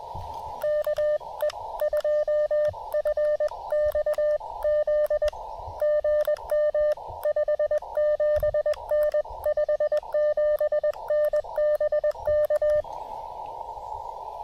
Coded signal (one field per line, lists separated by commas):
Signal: Morse code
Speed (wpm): 20 wpm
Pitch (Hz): 600 Hz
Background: none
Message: KE2FXZ GM 57N 57N BK